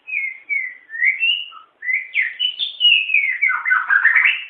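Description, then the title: White-rumped shama singing a near-continuous stream of sliding whistles that build into fast, varied warbling notes toward the end. "kicau murai batu panjang"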